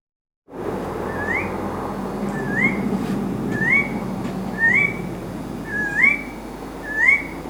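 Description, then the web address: Tiger parrot repeating a rising whistle about every second, the notes growing louder toward the end over a noisy, rumbling background. "parrots psittacella"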